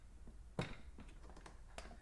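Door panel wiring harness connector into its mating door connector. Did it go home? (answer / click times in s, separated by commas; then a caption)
yes / 1.8 s. On a Toyota 4Runner rear door panel being refitted, a white or green plastic wiring harness connector is pushed into its mating door connector. Several faint taps and handling noises come first, then a sharp click at 1.8 s shows the connector is fully seated.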